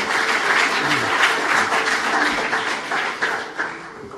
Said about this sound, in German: Ich habe die parteipolitischen Präferenzen von Sozialarbeitern und Sozialarbeiterinnen offensichtlich falsch eingeschätzt, wenn ich jetzt Applaus bekomme.